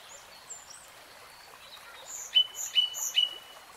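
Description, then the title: Nightingale song phrase: thin high whistles, then three loud, clipped notes repeated at an even pace, with a soft hiss behind. Singing; real-time recording. "Tiếng chim hót Nightingale Singing"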